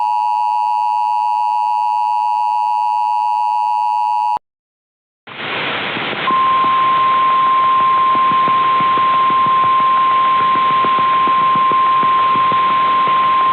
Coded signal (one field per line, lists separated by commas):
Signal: Emergency Alert System (SAME) tones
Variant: 853 and 960 Hz attention tone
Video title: EAS MOCK | Champaign Troubles (REUPOADED) #ChampaignsDestructiveTroubles Submission